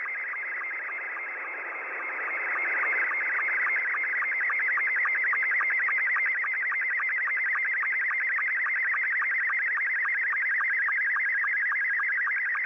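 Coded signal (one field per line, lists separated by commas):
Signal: SSTV (slow-scan television)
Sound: steady warbling high tone with rapid, evenly spaced ticking pulses, several per second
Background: radio static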